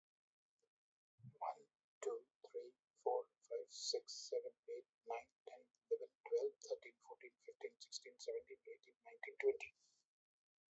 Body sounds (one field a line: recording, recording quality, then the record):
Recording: counting at a normal pace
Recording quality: excellent, no background noise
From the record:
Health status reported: COVID-19 positive, moderate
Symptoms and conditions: cough, cold, breathing difficulty, sore throat, fever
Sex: male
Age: 51 years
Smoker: not ticked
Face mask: worn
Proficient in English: yes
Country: India